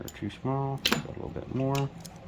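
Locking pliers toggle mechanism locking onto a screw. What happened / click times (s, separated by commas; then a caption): The pliers are being adjusted and handled; no lock-over snap yet / none. Metal locking pliers are handled on a screw while their jaw width is adjusted a little more, with light metallic clicks and rattles as someone talks. The toggle has not yet snapped into the locked position, so nothing has seated or clicked yet.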